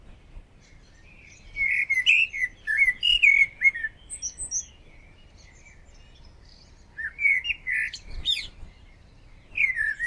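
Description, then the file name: Common blackbird song: low fluted, warbling phrases ending in thin, high twittering notes, with pauses between phrases. "Turdus merula"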